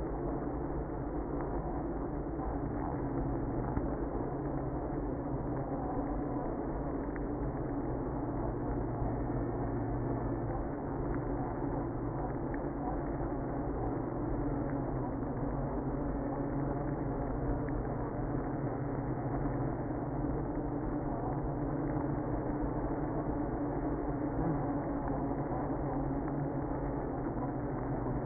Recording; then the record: honeybee colony, microphone inside the hive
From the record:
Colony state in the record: queenless (queen removed); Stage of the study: after two queens were removed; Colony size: about 60,000 bees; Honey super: yes